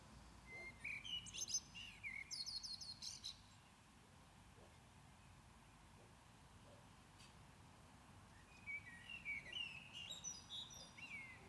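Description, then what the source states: Common blackbird singing mellow whistled phrases that break into thin, high chattering flourishes, two song bursts separated by a long pause, faint background hiss. Recorded at Maindy.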